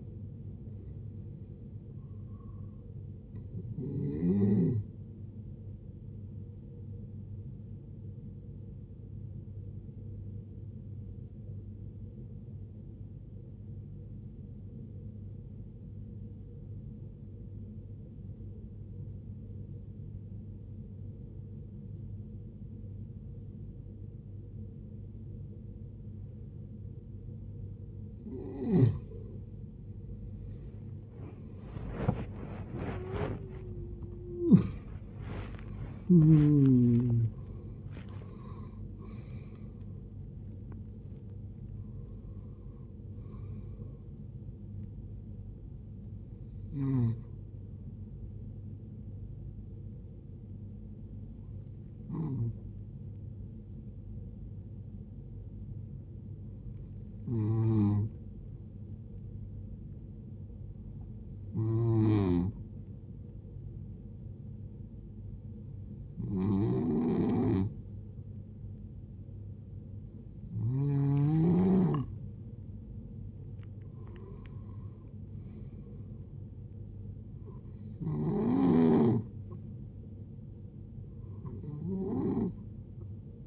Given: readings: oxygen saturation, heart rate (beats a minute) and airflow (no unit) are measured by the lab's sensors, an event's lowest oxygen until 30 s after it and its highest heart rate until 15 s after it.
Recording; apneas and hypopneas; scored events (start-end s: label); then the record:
breathing in sleep by a smartphone at the bedside; 2
0.00-1.00 s: awake
10.00-30.10 s: obstructive apnea (N1, oxygen 94% highest, then 90% lowest, heart rate 61 at the start, 90 highest)
53.00-75.10 s: hypopnea (N1, oxygen 96% highest, then 90% lowest, heart rate 57 at the start, 73 highest)
53.00-83.47 s: new sleep stage, N2 (light sleep)
From the record:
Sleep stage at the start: N1 (lightest sleep); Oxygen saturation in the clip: 86 to 96%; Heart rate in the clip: 55 to 90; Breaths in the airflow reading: 15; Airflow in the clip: -18.3 to 21.7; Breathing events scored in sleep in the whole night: 389 in 6.3 hours asleep